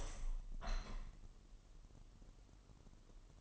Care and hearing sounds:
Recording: daily activity, microphone in the room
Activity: open window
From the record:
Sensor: 4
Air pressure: 1000.8 hPa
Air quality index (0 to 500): 244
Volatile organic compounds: 42 ppm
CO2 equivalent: 3175 ppm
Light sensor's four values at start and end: 9/20/8/7 and 9/20/8/7

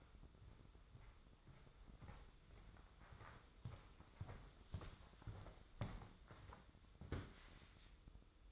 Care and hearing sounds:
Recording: daily activity, microphone in the room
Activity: walk to room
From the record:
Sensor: 3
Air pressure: 995.5 hPa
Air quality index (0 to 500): 87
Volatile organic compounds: 8 ppm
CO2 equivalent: 2118 ppm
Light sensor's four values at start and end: 27/81/34/29 and 26/80/33/29

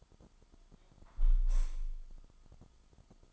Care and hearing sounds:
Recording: daily activity, microphone in the room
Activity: close window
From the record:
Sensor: 5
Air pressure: 1004.6 hPa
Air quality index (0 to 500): 81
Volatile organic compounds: 1 ppm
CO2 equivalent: 971 ppm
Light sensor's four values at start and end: 34/80/32/31 and 34/79/32/31

